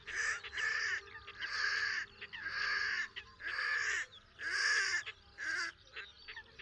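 Red-necked grebe giving harsh, braying squeals in a loose series, each lasting under a second and repeated roughly once per second, with short gaps between.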